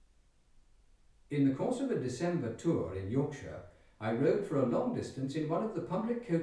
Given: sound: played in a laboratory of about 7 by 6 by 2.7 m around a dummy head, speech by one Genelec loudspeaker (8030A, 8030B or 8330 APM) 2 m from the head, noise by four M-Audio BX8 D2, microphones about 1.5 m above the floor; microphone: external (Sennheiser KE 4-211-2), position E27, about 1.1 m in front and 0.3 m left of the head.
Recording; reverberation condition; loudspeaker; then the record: male speech in English; medium; 150 degrees to the right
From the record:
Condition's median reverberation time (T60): about 510 ms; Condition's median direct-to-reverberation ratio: about -0.5 dB